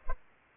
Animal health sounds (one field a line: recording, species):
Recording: mosquito wingbeat signal from an infrared sensor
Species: Culex pipiens